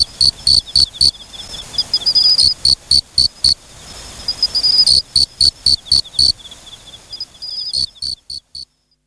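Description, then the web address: Cricket chirps in quick runs of sharp pulses separated by pauses, a faint high trill beneath, the sound stopping abruptly just before the end. "sikioto insect moriokamekourogi"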